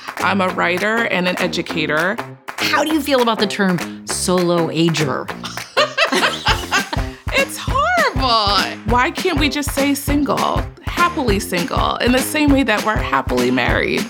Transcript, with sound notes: I'm a writer and an educator.
How do you feel about the term "solo ager?"
[LAUGHS] It's horrible. Why can't we just say single, happily single, in the same way that we're happily married?